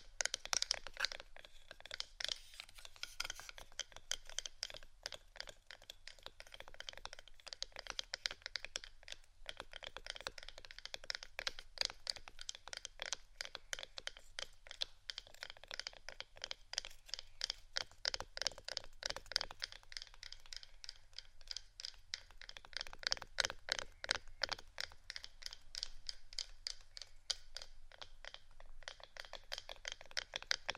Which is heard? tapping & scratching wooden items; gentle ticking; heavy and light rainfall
tapping & scratching wooden items